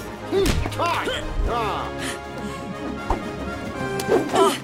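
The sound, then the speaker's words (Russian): Sharp, irregular thwacks and swishing blows in a film as Diana trains with Timmy, practising strikes, mixed with strained grunts and effortful vocal sounds between the hits. “Диана занимается с Тимми, отрабатывает удары.”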